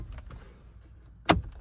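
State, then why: Seated. The center stack dash panel of a 2019+ Ram 1500 is lined up and shoved into place on the truck dashboard so its plastic snap clips, about six of them, engage. A few faint light ticks come early, then one sharp loud snap at 1.3 s as a clip clicks in. The panel's clips are seated.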